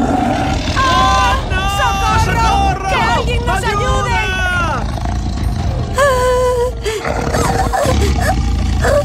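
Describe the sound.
The lame tiger Shere Khan roars loudly as it attacks a village at night to hunt, over a chaotic crowd of shouting, screaming voices, with rising and falling cries layered over a constant rumbling din.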